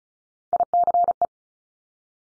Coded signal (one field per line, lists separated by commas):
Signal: Morse code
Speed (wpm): 36 wpm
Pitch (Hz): 700 Hz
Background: none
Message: ICE